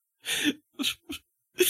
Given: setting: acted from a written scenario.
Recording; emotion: vocal sound without words; sadness